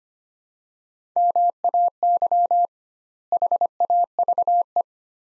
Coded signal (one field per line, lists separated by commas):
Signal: Morse code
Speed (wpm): 25 wpm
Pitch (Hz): 700 Hz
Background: none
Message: MAY HAVE